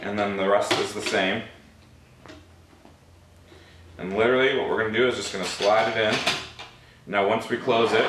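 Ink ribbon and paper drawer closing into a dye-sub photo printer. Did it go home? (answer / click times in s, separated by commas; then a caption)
no / none. Someone talks while handling the ink ribbon and paper drawer of a DNP 620a dye-sub photo printer after the ribbon and paper are loaded, getting ready to slide it in and close it. A faint brief tap is heard during a pause around 2.3 s. Nothing has seated or latched yet.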